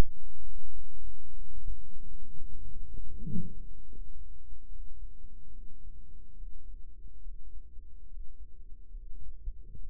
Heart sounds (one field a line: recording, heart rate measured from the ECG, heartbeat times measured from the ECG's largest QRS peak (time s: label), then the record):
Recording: heart sounds by microphone in the right ear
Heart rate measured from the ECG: 71 bpm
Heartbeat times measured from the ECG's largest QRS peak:
0.41 s: heartbeat
1.27 s: heartbeat
2.15 s: heartbeat
3.03 s: heartbeat
3.86 s: heartbeat
4.67 s: heartbeat
5.48 s: heartbeat
6.33 s: heartbeat
7.19 s: heartbeat
8.05 s: heartbeat
8.90 s: heartbeat
9.74 s: heartbeat
From the record:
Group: healthy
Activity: rest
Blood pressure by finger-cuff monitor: 108/71 mmHg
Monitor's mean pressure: 85 mmHg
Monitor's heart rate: 70 bpm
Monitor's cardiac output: 5.3 L/min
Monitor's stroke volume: 77 mL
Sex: male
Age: 35 years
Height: 178 cm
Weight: 64 kg